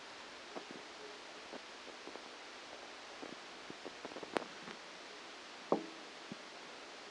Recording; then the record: brain microelectrode recording played as sound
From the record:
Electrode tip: outside the subthalamic nucleus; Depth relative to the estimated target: -8 mm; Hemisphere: left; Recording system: NeuroSet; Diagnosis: Parkinson's disease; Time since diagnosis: 9 years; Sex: female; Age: 51 years